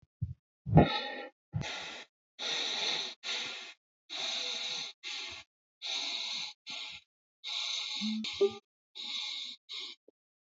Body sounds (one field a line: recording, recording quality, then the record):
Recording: shallow breathing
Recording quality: excellent, no background noise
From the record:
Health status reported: exposed to COVID-19, no respiratory illness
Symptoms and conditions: muscle pain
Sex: male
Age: 40 years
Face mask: not worn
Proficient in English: yes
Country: India